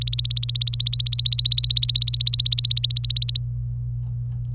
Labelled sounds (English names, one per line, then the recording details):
Domestic Canary song
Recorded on 26 April 2018 at 09:04
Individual llb3